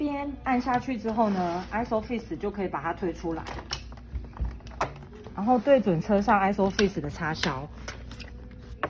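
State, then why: Seated. Someone talks while the extended ISOFIX arm of a Cybex car seat is lined up with and pushed onto the vehicle's ISOFIX anchor bar, with a few light clicks and shuffling along the way. A sharp metal latch click at 8.8 s marks the connector seating on the anchor; the indicator shows green once it is locked.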